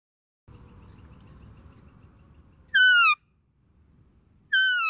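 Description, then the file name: Deer giving two loud whistled calls that dip at the end, nearly two seconds apart, following a stretch of faint humming background noise. "Tieng con nai keu"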